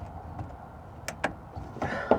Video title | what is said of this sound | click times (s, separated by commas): SAAB 9-3 Petrol Fuel Filter - SAAB 9-3 Fuel Filter Change | push the filter onto the pipe until it clicks home and | 1.1 s, 1.2 s